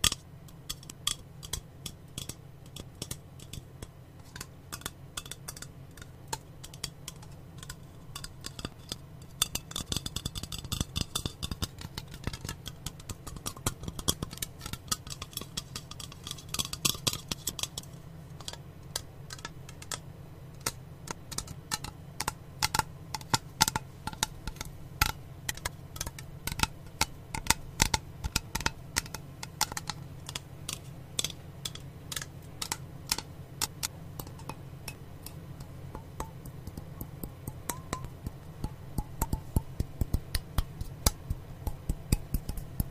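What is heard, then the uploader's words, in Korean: Fingers tap lightly here and there in quick, uneven clusters of crisp clicks, over a steady low hum throughout. 손가락으로 여기저기 톡톡.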